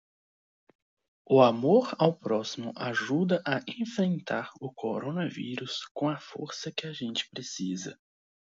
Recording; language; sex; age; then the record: spoken sentence; Brazilian Portuguese; male; 18 to 19 years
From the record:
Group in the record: control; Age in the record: 19 years